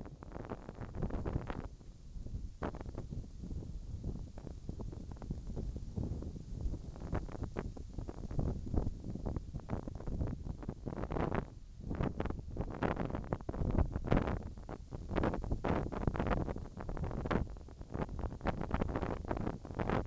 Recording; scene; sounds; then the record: everyday scene through a hearing-aid microphone; wind on the microphone; wind, whistling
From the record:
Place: in front of a rural house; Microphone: in the ear canal, left